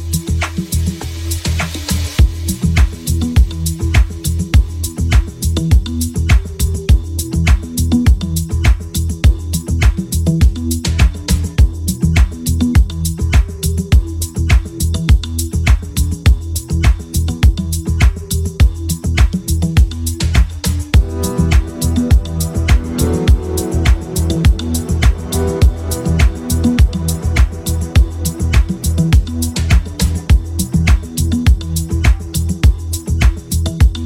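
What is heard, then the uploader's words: At Bogatell Beach in Barcelona, dance music plays with a fast, steady beat over heavy, constant bass and held low tones. Around twenty seconds in, a brighter, climbing melodic line joins and carries through to the end. Bogatell Beach BARCELONA.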